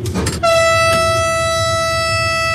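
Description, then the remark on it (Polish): An electric locomotive starts to move as the controller wheel is turned from position 0 to the first: a couple of sharp mechanical clacks of contactors closing, then a loud, steady, high-pitched electric whine settles in over a low rumbling drone. “Słychać, jak sterczniki zamykają i lokomotywa jedzie, po prostu jedzie.”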